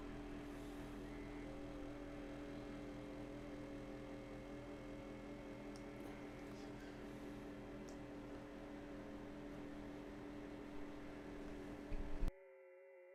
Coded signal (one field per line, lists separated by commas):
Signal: FT8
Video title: Unlocking FT8: Live Q&A for New HAMs! Get Started with Digital Modes